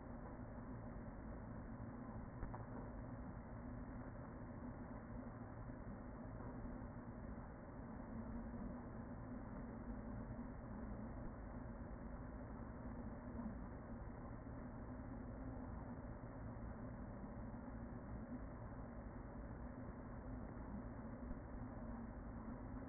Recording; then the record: honeybee colony, microphone inside the hive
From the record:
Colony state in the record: queen present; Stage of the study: after two queens were removed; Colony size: about 40,000 bees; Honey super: no